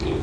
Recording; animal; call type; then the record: contact call of a hoofed animal; pig; closed-mouth grunt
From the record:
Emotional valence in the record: positive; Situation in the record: food and toys in familiar pen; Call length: 0.23 s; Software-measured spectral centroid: 1790 Hz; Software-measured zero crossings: 1170 a second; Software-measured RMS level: -24 dBFS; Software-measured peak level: -13 dBFS